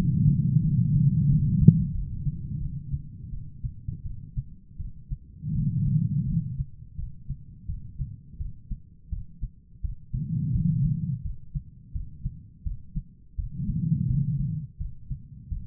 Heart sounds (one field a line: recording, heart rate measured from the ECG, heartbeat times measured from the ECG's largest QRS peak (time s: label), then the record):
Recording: heart sounds by stethoscope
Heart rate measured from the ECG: 85 bpm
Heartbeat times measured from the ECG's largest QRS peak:
0.62 s: heartbeat
1.27 s: heartbeat
1.92 s: heartbeat
2.60 s: heartbeat
3.31 s: heartbeat
4.03 s: heartbeat
4.78 s: heartbeat
5.53 s: heartbeat
6.26 s: heartbeat
6.96 s: heartbeat
7.67 s: heartbeat
8.38 s: heartbeat
9.10 s: heartbeat
9.82 s: heartbeat
10.52 s: heartbeat
11.23 s: heartbeat
11.93 s: heartbeat
12.64 s: heartbeat
13.36 s: heartbeat
14.07 s: heartbeat
14.78 s: heartbeat
15.49 s: heartbeat
From the record:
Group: healthy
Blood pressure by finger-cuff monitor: 120/84 mmHg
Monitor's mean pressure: 98 mmHg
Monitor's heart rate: 84 bpm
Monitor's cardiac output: 4.9 L/min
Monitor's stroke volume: 58 mL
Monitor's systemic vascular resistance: 1510 dyn s/cm5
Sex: female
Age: 51 years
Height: 162 cm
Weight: 70.04 kg